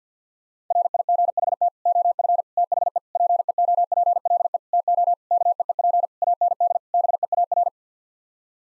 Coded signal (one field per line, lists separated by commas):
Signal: Morse code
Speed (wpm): 50 wpm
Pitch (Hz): 700 Hz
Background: none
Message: RIGHT OF THE PEOPLE TO KEEP AND BEAR